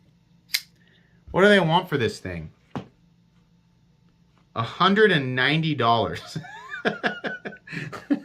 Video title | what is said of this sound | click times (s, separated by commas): They're Making Some of the Competition Look Like A JOKE! Kunwu Orion II - Overview and Review | Nice click, and it is centered. | 0.5 s